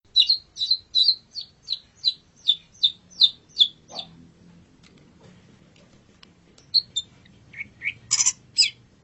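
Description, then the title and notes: Long-tailed shrike repeating a sharp chip note several times a second, a pause, then scattered slurred whistles and a buzzy burst. Champion (juara) bird singing (kicauan). "Kicau Burung Cendet Juara. Audio Kicauan Burung Cendet Juara"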